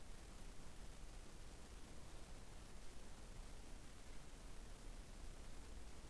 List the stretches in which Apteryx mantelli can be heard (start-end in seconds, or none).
none